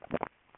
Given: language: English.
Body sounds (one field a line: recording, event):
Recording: throat vibration sensor signal played as sound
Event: swallow